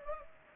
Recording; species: mosquito wingbeat signal from an infrared sensor; Culex pipiens